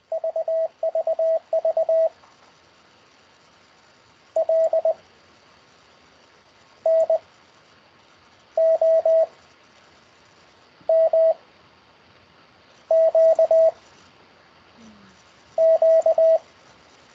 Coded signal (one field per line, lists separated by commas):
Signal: Morse code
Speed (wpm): 20 wpm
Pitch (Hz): 650 Hz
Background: radio noise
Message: VVV L N O M Q Q